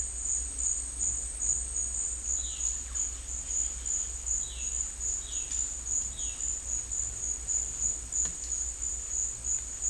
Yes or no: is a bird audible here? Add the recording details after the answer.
yes. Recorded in dense forest near Puerto Asís, Putumayo, Colombia, on 21 December 2024 at 14:30. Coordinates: 0.467, -76.328. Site GP05